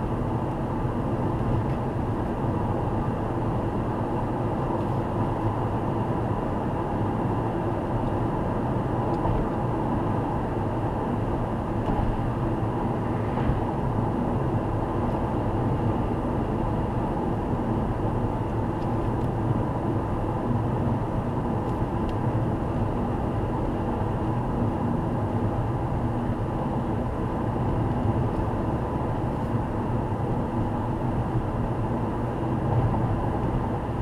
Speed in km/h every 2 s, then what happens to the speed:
100, 102, 104, 105, 103, 99, 95, 93, 92, 92, 92, 94, 94, 96, 97, 96, 97.
0-7 steady at about 102. 7-16 slows to 92. 16-34 steady at about 94.